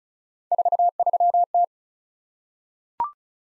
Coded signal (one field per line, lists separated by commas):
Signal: Morse code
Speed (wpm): 36 wpm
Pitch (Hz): 700 Hz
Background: none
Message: 43T